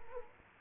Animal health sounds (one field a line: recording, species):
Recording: mosquito wingbeat signal from an infrared sensor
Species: Culex quinquefasciatus